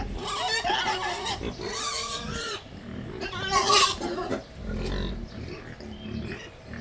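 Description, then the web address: Wild boar squealing harshly in two long bursts, with a sharp shriek, then settling into deep, repeated grunts. Captive wild boar at Jászberény Zoo, excited before feeding, 28 April 2015. "allathangok jaszberenyizoo 2015 professzionalis vaddiszno etetesrefelajzva 04 28"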